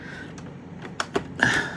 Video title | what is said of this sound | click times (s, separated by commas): JITR 8/20/19 - All The Scary Things PC & Otherwise | we go I heard a click we found the whole success | 1.0 s, 1.4 s